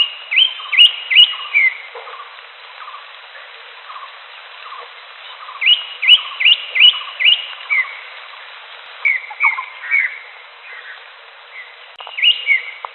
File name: audio cucak hijau alam liar